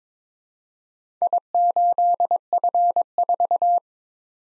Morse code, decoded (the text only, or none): I8F4